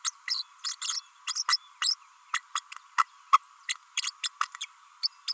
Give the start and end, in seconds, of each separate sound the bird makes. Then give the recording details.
0.04-0.11, 0.27-0.43, 0.63-0.75, 0.81-1.00, 1.33-1.44, 1.48-1.57, 1.81-1.95, 2.33-2.40, 2.55-2.60, 3.33-3.38, 3.69-3.74, 4.02-4.11, 4.23-4.29, 4.60-4.66, 5.03-5.07, 5.27-5.33. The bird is a female. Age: 32 days. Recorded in a nest box in Venezuela. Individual 17B32A5